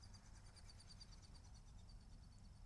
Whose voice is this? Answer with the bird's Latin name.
Anas platyrhynchos